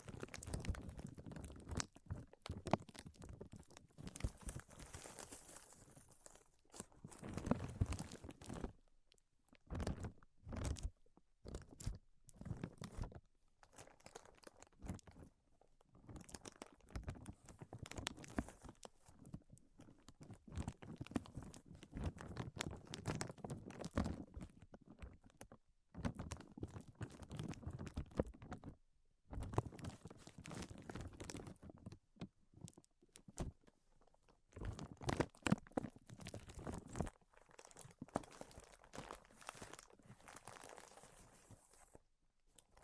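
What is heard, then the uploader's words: Irregular bursts of scratching and tapping, dense and crinkly, come and go throughout with brief silent gaps, some strokes longer and rougher. Tapping, Scratching, and Tracing Sounds.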